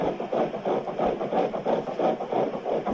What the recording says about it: The heartbeat of my baby at the doctor. That was at my 8 weeks, I think. It was like 169, I think. It was fast.